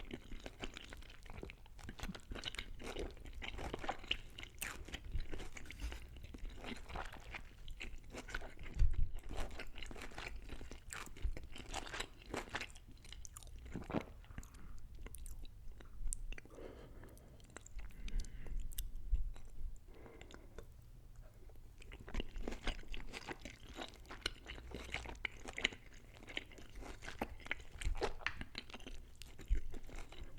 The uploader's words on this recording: Eating Chinese Chicken Balls & Szechuan Beef Eating Sounds (SUPER TINGLY MUKBANG).